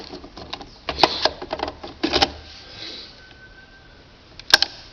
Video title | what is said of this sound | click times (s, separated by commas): Impressora Epson travando carro de impressão e fazendo barulho estranho - Aprenda a resolver | Bom, agora eu vou fazer o seguinte, eu vou colocar os cartuchos ouvir o estalo de todos e | 1.0 s, 2.2 s, 4.5 s, 4.6 s